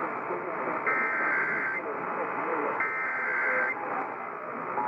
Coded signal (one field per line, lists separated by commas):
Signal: Emergency Alert System (SAME) tones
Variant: header bursts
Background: speech